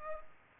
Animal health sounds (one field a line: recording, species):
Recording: mosquito wingbeat signal from an infrared sensor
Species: Culex pipiens